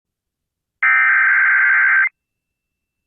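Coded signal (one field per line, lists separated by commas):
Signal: Emergency Alert System (SAME) tones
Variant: header bursts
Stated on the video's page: Tornado warning alert received on 96.5 FM.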